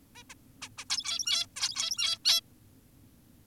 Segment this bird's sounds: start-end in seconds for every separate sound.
0.16-0.23, 0.30-0.34, 0.62-0.69, 0.78-0.85, 0.90-1.46, 1.56-2.18, 2.25-2.41